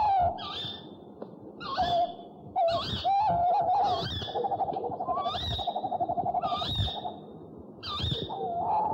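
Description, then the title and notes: Owl calling, a series of notes with rich harmonics, some drawn out and slightly wavering. One of 69 call variants from 11 owl species in a compilation of owl voices. "Sovy - Eulen - Owls. 69 variant hlasů - 11 druhů sov"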